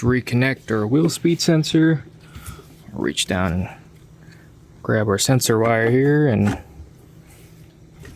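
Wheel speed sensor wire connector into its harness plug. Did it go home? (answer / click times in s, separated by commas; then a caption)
yes / 8.1 s. Someone talks while reaching down to grab the wheel speed sensor wire on a 2017-2020 4WD F-150 during a front wheel bearing and hub assembly install, then pushes its plastic connector into the mating harness plug. A short, faint click is heard at about 8.1 s as the connector seats, confirmed clicked in.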